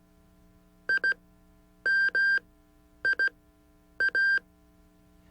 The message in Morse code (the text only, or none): IMIA